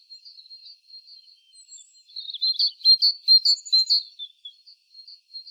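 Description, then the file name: Great tit calls: thin, high notes, building into a louder burst of quick, evenly spaced chips in the middle, then fading to soft twitters. "Parus major"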